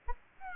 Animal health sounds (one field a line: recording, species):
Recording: mosquito wingbeat signal from an infrared sensor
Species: Aedes albopictus